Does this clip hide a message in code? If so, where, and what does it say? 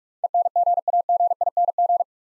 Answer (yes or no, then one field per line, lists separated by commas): yes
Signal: Morse code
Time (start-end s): 0.2-2.0 s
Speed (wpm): 44 wpm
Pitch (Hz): 700 Hz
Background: none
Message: ENGAGING